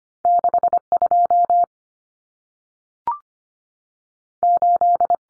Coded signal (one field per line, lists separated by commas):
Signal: Morse code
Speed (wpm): 25 wpm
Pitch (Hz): 700 Hz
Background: none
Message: 62 8